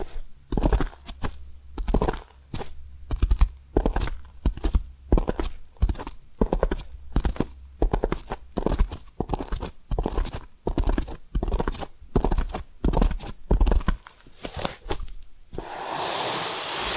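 Tapping and scratching in quick, irregular bursts, each hit sharp and bright with a gritty, crunchy edge, some rhythmic like hooves clopping. A low steady hum runs underneath until about fifteen seconds, and the tapping gives way to a rising hiss near the end.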